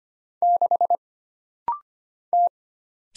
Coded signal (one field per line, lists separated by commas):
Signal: Morse code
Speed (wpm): 25 wpm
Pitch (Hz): 700 Hz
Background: none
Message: 6 T